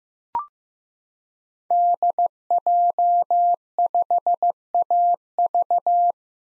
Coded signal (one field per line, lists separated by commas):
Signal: Morse code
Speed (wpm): 15 wpm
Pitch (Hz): 700 Hz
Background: none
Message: DJ5AV